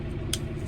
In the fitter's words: squeeze it just till it clicks once